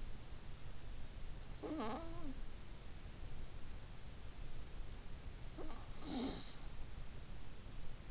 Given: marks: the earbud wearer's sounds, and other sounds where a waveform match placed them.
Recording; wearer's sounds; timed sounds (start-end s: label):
sounds in sleep by an in-ear microphone; snoring breath
1.40-2.85 s: snoring breath
5.29-6.86 s: snoring breath